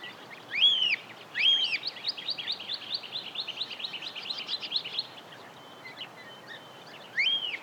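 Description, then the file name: Cockatiel calls: loud arched whistles rising then falling, followed by a fast run of short chirpy notes for several seconds, then another arched call at the end. "Cockatiel Nymphicus hollandicus"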